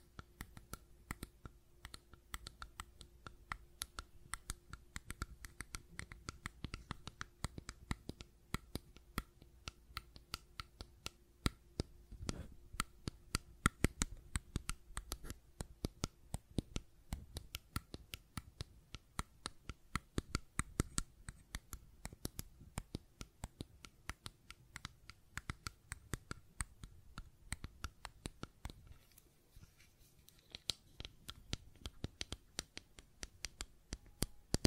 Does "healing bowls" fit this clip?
no